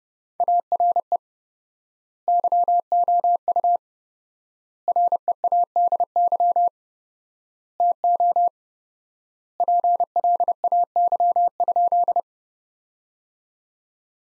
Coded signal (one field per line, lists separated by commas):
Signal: Morse code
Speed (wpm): 30 wpm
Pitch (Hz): 700 Hz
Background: none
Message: ARE YOU READY TO PLAY?